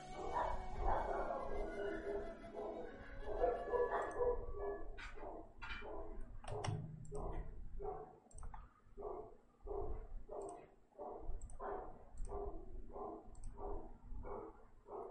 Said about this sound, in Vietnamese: Đợi mình chút ra đóng cửa cái, không biết sao chó nó sủa to quá. Chó nhà hàng xóm sủa nhé.